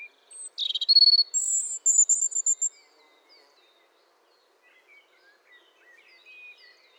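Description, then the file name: European robin song, a short bright burst of high whistles and rapid twittering notes, followed by faint, scattered high notes. "Erithacus rubecula"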